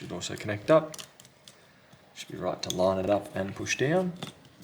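During a Xiaomi Redmi 9 screen and frame replacement, a phone flex cable connector is handled and lined up over its socket on the board to be pressed down, while someone talks and a few faint, brief ticks sound around 1.2 to 1.5 seconds. The clip ends before the part goes home; the connector has not seated or clicked yet.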